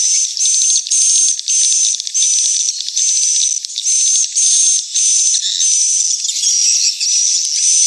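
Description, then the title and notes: Swiftlet chorus of dense, high buzzy twitters with thin whistled notes, nearly unbroken apart from short pauses. Swiftlet house lure sound from the AKAU brand, Tien Giang, Vietnam. "Am thanh nha yen Akau Vietnam - Tien giang. Những âm thanh chim yến thuộc thương hiệu AKAU"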